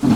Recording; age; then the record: pig call; growing-finishing pig (85 days or more)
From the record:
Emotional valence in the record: positive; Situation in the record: enriched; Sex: male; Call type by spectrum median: low-frequency call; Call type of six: low-frequency stable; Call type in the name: low-frequency stable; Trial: 3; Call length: 0.16 s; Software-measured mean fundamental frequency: 59 Hz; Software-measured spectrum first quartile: 212 Hz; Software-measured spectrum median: 278 Hz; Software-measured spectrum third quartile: 537 Hz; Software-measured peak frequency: 237 Hz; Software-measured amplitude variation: 154 dB a second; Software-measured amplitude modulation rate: 15.8 a second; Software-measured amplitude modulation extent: 9.7 dB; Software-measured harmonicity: 3.8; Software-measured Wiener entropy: -1.15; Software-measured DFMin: 750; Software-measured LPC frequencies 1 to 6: 239, 1051, 2595, 3380, 4270, 5392 Hz